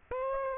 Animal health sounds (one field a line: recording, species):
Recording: mosquito wingbeat signal from an infrared sensor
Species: Aedes aegypti